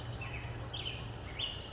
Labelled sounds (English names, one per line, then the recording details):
American Robin
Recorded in Sonoma County, California